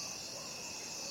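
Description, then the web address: Crickets keep up a brief, even, high-pitched trilling chorus that holds steady throughout. Crickets calling at night. "the-sound-pack-tree -night crickets"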